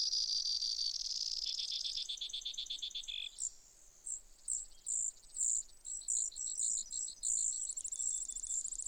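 Brewer's sparrow delivering a high buzz and a fast trill, then a run of sharp, repeated high chips over a steady hiss of background noise.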